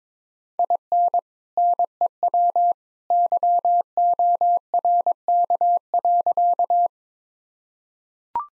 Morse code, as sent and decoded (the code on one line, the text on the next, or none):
.. -. / -. . .-- / -.-- --- .-. -.- .-.-.-
IN NEW YORK.